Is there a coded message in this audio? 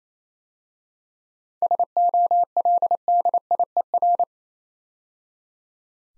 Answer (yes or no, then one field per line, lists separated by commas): yes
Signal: Morse code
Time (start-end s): 1.6-4.2 s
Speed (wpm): 27 wpm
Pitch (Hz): 700 Hz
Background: none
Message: SOLDIER